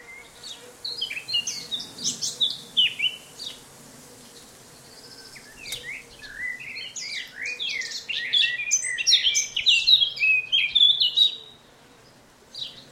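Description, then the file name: Eurasian blackcap song: two bursts of rapid, high, varied warbling notes, the second longer and denser. "Sylvia atricapilla"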